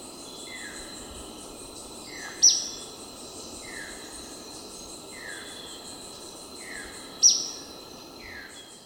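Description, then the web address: Ornate flycatcher: two brief, shrill call notes nearly five seconds apart, while soft downslurred whistles repeat steadily beneath a continuous insect buzz. Recorded in Ecuador. "Birds of Ecuador. Ornate Flycatcher"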